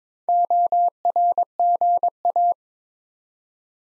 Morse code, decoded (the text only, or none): ORGA